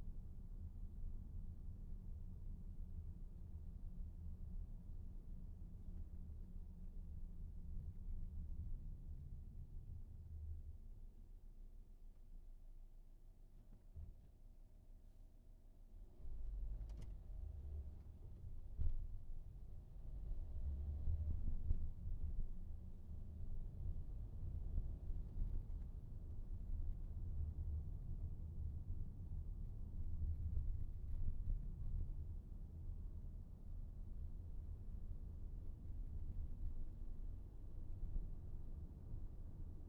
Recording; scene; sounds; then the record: everyday scene through a hearing-aid microphone; in a vehicle; engine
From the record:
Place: VW T5 Caravelle, diesel engine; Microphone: behind the ear, right, front